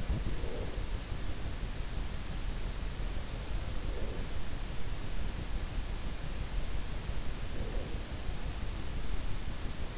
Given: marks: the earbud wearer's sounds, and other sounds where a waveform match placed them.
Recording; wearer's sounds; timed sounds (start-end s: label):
sounds in sleep by an in-ear microphone; breath
0.00-0.99 s: breath
3.51-4.76 s: breath
7.29-8.36 s: breath